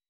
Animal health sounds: hydrophone in a shrimp aquaculture tank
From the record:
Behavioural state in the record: weakened

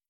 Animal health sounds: hydrophone in a shrimp aquaculture tank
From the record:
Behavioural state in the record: feeding

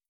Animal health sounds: hydrophone in a shrimp aquaculture tank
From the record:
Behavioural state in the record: starved

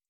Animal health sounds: hydrophone in a shrimp aquaculture tank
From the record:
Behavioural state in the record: feeding

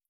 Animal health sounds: hydrophone in a shrimp aquaculture tank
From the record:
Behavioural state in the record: feeding

